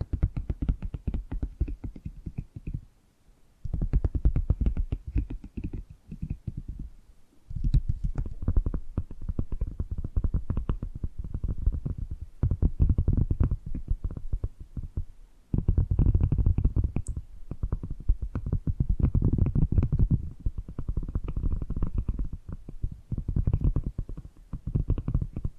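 Dense tapping and gripping sounds come in long bursts of quick, irregular taps and rubs, heaviest in the low and middle range. Short pauses break the bursts near 3, 7 and 15 seconds, and a single brighter click stands out near 17 seconds.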